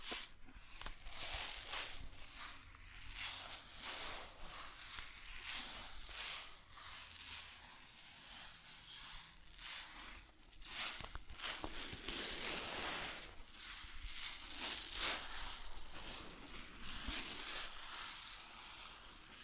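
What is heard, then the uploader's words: Grain rustles and hisses in a dense, bright, steady pour, with small surges and ticking grains throughout and a faint low hum underneath. ASMR Grain Sounds (No Talking).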